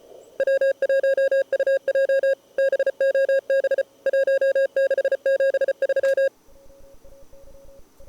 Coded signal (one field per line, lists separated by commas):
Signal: Morse code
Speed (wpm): 31 wpm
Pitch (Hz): 530 Hz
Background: none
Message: W1UJ BOB 1673